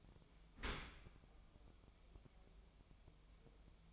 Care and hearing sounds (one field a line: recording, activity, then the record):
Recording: daily activity, microphone in the room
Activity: open dishwasher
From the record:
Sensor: 1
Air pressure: 1004.7 hPa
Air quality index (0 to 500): 113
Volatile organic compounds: 4 ppm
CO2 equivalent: 1564 ppm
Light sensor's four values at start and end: 9/22/8/9 and 9/22/8/9